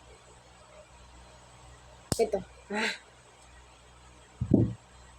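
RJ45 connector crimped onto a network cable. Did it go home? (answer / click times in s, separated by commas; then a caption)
yes / 4.5 s. A network cable is pushed into a plastic RJ45 connector and squeezed in a crimping tool, which locks the metal pins onto the wires. Someone talks, then a sharp click sounds at 4.5 s as the connector is crimped and seated on the cable.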